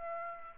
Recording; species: mosquito wingbeat signal from an infrared sensor; Aedes aegypti